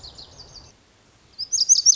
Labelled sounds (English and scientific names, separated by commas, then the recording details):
Lazuli Bunting (Passerina amoena)
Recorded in Sonoma County, California